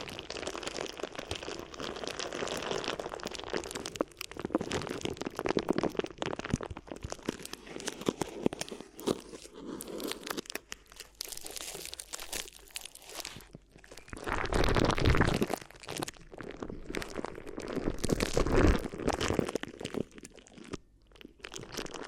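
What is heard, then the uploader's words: Crinkly ear massage: dense, continuous crinkling and rustling with irregular crunchy bursts, swelling louder around fifteen and nineteen seconds. ASMR Addictive Crinkly Ear Massage (No Talking).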